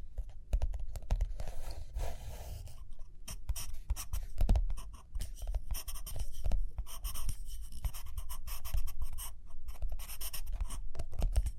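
Pen scratches and taps on paper in dense, irregular strokes, bright scratchy bursts over a steady low rumble, with brief pauses throughout.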